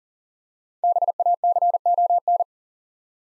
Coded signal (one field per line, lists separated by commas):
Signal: Morse code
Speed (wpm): 38 wpm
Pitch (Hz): 700 Hz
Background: none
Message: BACON